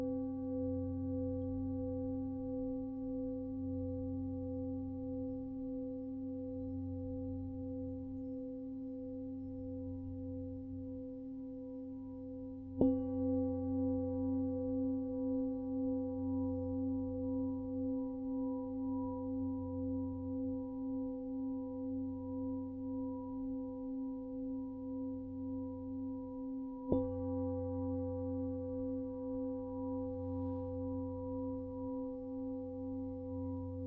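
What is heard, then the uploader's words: A singing bowl hums with a steady, warm tone and a slow wobbling shimmer, plus a low pulsing undertone. It is struck twice, at about 13 and 27 seconds, each strike adding a bright ping before the ring settles back into its even drone. Singing bowls for stress relief and meditation.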